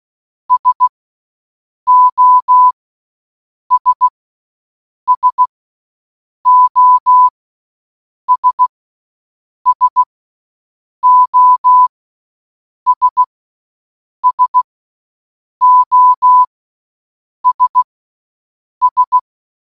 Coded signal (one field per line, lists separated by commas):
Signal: Morse code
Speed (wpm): 16 wpm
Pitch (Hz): 1000 Hz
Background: none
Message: SOS SOS SOS SOS S